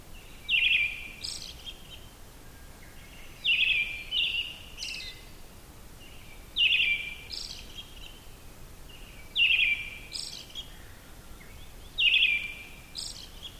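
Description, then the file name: Brown-headed thrush singing about every three seconds, each phrase a rich whistled note or two ending in a high, thin twitter; low background noise throughout. "akahara"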